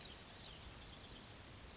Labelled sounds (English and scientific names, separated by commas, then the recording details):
Blue-gray Gnatcatcher (Polioptila caerulea)
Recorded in Sonoma County, California